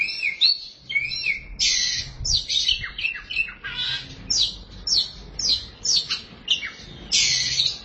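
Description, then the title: Oriental magpie-robin giving a loud, dense run of harsh scratchy notes and sweet whistles in rapid succession, with faint low rumbling underneath. Chirping song (kicauan) of the bird. "Suara Kicauan Burung Kacer Durasi Panjang"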